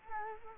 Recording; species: mosquito wingbeat signal from an infrared sensor; Culex quinquefasciatus